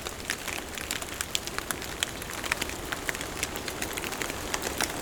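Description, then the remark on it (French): In a forest, a melting dusting of snow drips from fir branches in a scattered, irregular patter of soft ticks and taps, some sharper than others, over a faint steady hiss with no voices. It is not raining. “C'est juste la fonte du saupoudrage de neige qui s'est déposé sur les ramures des sapins.”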